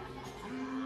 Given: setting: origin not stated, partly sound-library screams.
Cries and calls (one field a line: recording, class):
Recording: one-second piece from a danger detection set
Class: woman in danger